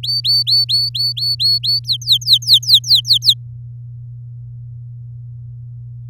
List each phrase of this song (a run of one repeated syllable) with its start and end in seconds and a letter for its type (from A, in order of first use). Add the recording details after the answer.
0.03-1.79 A, 1.84-3.34 B. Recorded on 8 May 2018 at 14:55. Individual llb16